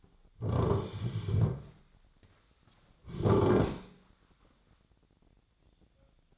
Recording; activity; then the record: daily activity, microphone in the room; sit down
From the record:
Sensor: 3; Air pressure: 1009.2 hPa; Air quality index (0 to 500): 180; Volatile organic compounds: 3 ppm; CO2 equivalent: 1455 ppm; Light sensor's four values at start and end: 38/98/44/45 and 43/108/48/48